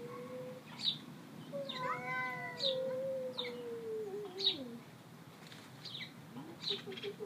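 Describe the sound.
Cat meowing: a long, drawn-out meow that wavers and slowly falls in pitch, with brief high bird chirps repeating in the background.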